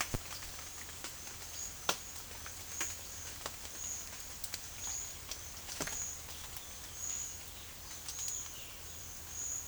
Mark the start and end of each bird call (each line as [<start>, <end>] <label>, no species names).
[6.32, 8.98] bird call